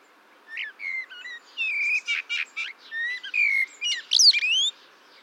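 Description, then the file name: Common blackbird song phrase: mellow whistled notes running into a fast, scratchy, high twittering flourish, with rising and falling glides. "Turdus merula"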